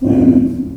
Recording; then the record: squeal of a Yucatan mini pig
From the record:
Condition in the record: after surgery on the right vocal fold (resection and tissue-engineered implant); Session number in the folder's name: 2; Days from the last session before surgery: 18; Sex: female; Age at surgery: 19 weeks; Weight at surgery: 25 kg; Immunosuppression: prednisolone